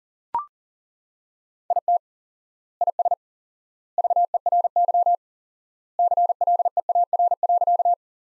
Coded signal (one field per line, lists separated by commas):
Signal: Morse code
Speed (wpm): 40 wpm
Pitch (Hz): 700 Hz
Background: none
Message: IT IS VERY CLEAR.